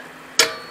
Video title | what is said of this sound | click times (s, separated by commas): 2014-2018 Lexus is200t F Sport rear brake shoe replacement | I'm gonna push it in you'll hear a snap just like that | 0.4 s